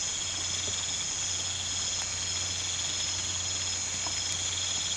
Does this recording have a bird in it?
no